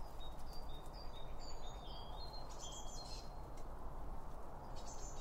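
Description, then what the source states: Birds giving a string of short high whistled notes and chirps in quick succession, over constant low rumbling noise. Birds recorded around a bird feeder with two OM 1 microphones from Line Audio.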